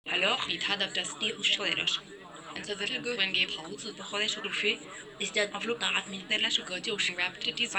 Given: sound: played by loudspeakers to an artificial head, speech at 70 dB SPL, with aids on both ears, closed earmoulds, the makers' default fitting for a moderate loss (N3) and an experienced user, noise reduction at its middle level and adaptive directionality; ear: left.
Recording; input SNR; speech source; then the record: speech test signal (ISTS) in cocktail-party noise; +6 dB; in front (0 degrees)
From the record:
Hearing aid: class 1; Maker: C